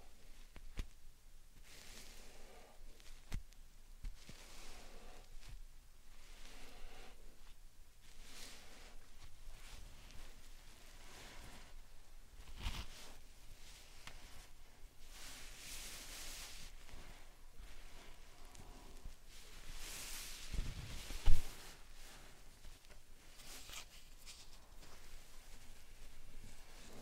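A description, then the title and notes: Slime sand is pressed and squished, giving soft, crackly bursts of sound that come and go every second or two over a quiet background. The bursts are bright and gritty, and a sharper pop stands out around 21 seconds. ASMR Satisfying Slime Sand Triggers for Sleep (No Talking).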